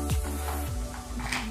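An aftermarket 18V battery pack is slid by hand onto the base of a Bosch GSB 180-LI cordless drill. Plastic handling scrapes and brief knocks are heard at about 0.1 s and 1.3 s over a steady tonal hum. Nothing has seated or clicked yet.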